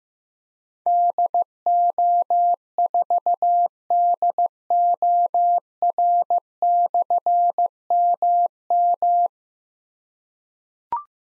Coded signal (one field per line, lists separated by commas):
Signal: Morse code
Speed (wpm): 15 wpm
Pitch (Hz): 700 Hz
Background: none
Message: DO4DOR/MM